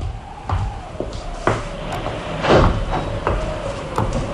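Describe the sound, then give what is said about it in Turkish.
A drawer is pulled open with a series of short wooden knocks and rattles, rising to a louder scraping slide midway, then a few softer bumps over a steady low hum. “Şurada çekmecenin içinde eski resimler olacak.”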